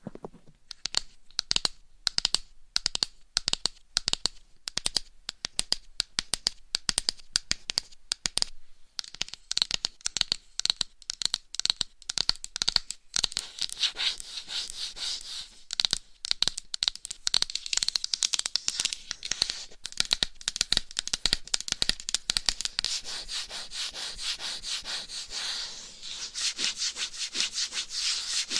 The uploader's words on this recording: ASMR Binaural Mic Scratching & Tapping with Different Gloves & Nails for 100% SLEEP - No Talking.